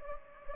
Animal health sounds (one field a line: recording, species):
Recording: mosquito wingbeat signal from an infrared sensor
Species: Anopheles gambiae